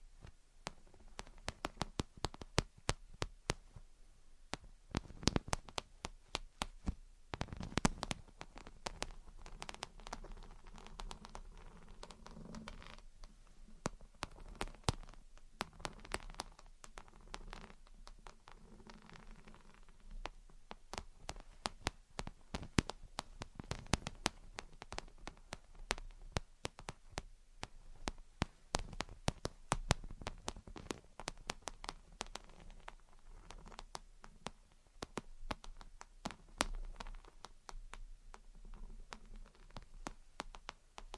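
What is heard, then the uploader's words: Gentle tapping and scratching goes on throughout: quick, sharp taps come in irregular bursts and clusters, some louder than others, over a soft, steady low hum. The taps are bright and crisp, scattered densely for the full forty seconds with brief quieter gaps between flurries. Gentle Tapping and Scratching. (No Talking).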